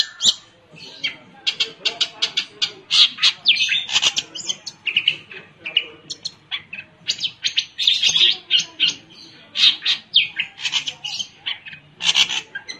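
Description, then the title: Long-tailed shrike song: a dense, continuous stream of scratchy chattering and sharp high notes in rapid, uneven bursts. Combination song. "Cendet Kombinasi"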